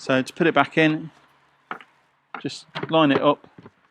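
Someone talks while lining up the cleaned filter cartridge on the front of the plastic housing of a Karcher WD3P wet and dry vacuum cleaner to put it back in. A brief sharp tap sounds at about 1.7 s between the speech, and a faint one at about 3.7 s. The cartridge has not clipped in yet; nothing has seated by the end.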